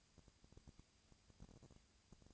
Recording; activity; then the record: daily activity, microphone in the room; no activity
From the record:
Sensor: 2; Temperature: 20.1 degrees Celsius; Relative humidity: 35.5%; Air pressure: 996.9 hPa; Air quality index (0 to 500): 197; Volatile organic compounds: 30 ppm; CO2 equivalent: 2958 ppm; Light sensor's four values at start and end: 2/3/2/2 and 2/3/2/2